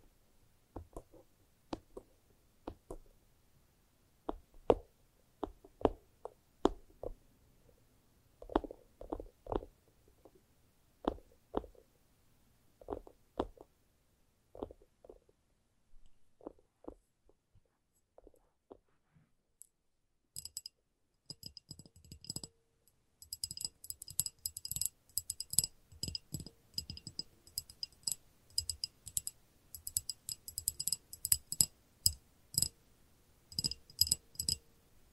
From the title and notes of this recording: ASMR Irresistible Tapping. No Talking.